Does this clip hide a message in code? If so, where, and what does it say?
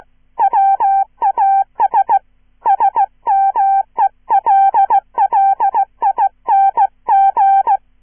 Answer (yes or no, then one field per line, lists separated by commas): yes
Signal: Morse code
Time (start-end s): 0.4-7.8 s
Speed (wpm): 15 wpm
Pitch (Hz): 790 Hz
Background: none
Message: WAS SMELLING